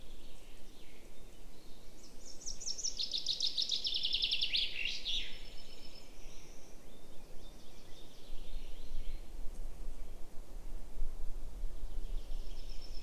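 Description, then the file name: Common chaffinch song, a bright descending rattle of repeated notes ending in a flourish, over steady low rumble and faint other bird notes. "Fringilla coelebs"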